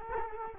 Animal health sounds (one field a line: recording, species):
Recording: mosquito wingbeat signal from an infrared sensor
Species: Culex quinquefasciatus